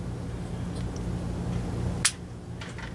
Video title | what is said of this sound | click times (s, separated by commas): jeep 44re transmission tune up,filter,governor pressure solenoid sensor, accumulator spring, band ad | it in pops in place | 2.1 s